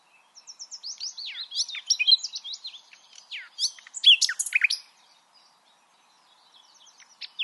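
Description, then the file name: Common nightingale delivering a rich, varied phrase of swooping whistles and sharp clicks over about five seconds, with quieter notes starting up near the end. "Luscinia megarhynchos"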